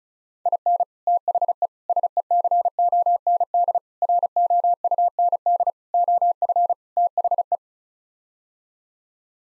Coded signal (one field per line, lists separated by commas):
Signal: Morse code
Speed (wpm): 34 wpm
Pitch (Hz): 700 Hz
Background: none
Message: IN THE SECOND ROUND OF THE